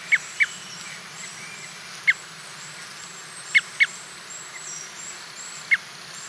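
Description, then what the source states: Red crossbill calls, short sharp downslurred notes given singly or in quick pairs, six notes spread irregularly over a steady background hiss. Red crossbill of call type N.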